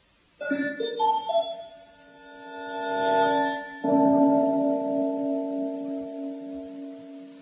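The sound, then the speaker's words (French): A chord of bright, bell-like tones rolls upward note by note, then a single synthetic gong stroke hits hard and rings out in a long, shimmering sustain with no voices. “un accord arpégé initial est suivi d'une sorte de coup de gong inanalysable à l'oreille, mais dont on entend bien qu'il prolonge l'accord précédent, que le timbre est comme l'ombre de l'harmonie.”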